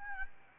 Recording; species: mosquito wingbeat signal from an infrared sensor; Aedes albopictus